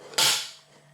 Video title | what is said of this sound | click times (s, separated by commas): 5 Stoves I Actually Use When Wild Camping | so it's got a lovely handle this locks into place it's great | 0.1 s